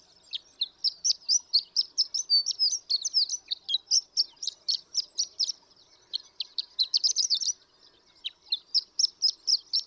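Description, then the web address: Horned lark song, a long run of high tinkling twittered notes with short pauses before the twittering resumes. "birdsongforthecurious Horned Lark"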